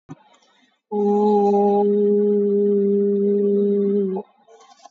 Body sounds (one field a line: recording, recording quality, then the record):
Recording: sustained vowel as in boot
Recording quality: excellent, no background noise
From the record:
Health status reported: COVID-19 positive, mild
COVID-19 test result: positive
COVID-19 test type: RT-PCR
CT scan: not taken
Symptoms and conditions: cough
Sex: female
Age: 18 years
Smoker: no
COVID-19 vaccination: none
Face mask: worn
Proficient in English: yes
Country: India